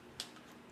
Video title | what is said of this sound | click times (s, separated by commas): AR-15 Cleaning Guide | snap pin in place once | 0.2 s